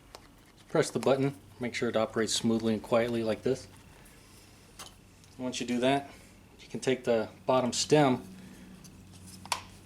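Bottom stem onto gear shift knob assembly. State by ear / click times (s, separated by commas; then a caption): seated / 9.5 s. Someone talks while working on a rebuilt gear shift knob from a 2004 Honda Accord (2003–2007 similar), pressing its button to check that it operates smoothly and quietly. The plastic bottom stem is then snapped back over the knob assembly with a sharp double plastic snap at about 9.5 s, and the stem is confirmed seated.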